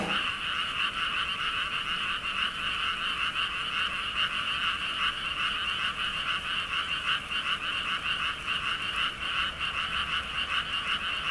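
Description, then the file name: Frogs calling in a dense, continuous chorus of rapid, overlapping croaks, with no pauses across the whole stretch. "kaeru"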